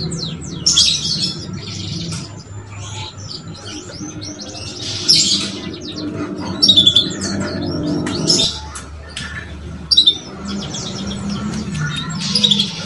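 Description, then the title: Belgian canary giving short bursts of high chirps and trills every few seconds, separated by quieter gaps filled with a low hum. Belgian canary song used to stimulate young canaries to start singing and warbling quickly. "Canto Para Esquentar Canário Belga. SUARA KENARI PAUD CUIT CUIT BELAJAR BUNYI - pancingan kenari paud muda agar cepat bunyi dan ngeriwik"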